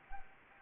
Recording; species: mosquito wingbeat signal from an infrared sensor; Anopheles arabiensis